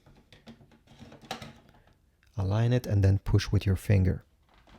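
An ink cartridge is aligned and pushed with a finger into the cartridge bay of a Brother MFC-J1010DW / J1012DW inkjet printer while someone talks, with soft handling taps and rustles underneath. Nothing has seated or clicked yet; the clip ends just before the cartridge goes home.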